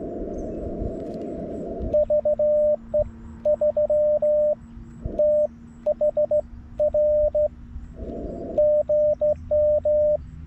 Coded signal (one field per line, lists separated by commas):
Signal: Morse code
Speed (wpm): 16 wpm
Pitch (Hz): 590 Hz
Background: radio noise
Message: VE3THR GM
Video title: QRS CW POTA on a straight key at Taughannock Falls State Park